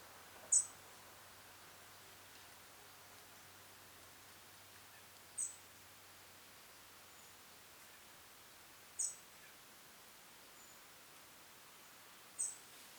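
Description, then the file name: European robin giving thin, very high single call notes, four brief notes spaced several seconds apart over a quiet hiss. "Erithacus rubecula"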